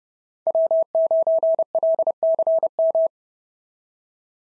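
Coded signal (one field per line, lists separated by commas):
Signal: Morse code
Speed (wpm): 27 wpm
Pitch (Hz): 650 Hz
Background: none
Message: W9LCM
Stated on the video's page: Computer-generated 30 wpm Morse practice of SOTA QSO exchanges, each sent in Morse, then spoken, then sent again.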